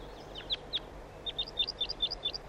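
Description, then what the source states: Crossbill flight calls: two sharp, high chips, then a quick run of many clipped notes, over low steady hum. Flight calls of wild birds drawn in by a captive bird near a net site.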